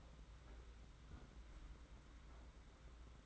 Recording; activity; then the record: daily activity, microphone in the room; close fridge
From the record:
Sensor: 3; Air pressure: 991.8 hPa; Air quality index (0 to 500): 215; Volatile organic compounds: 1000 ppm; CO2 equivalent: 7358 ppm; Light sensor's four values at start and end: 32/95/39/33 and 32/95/38/33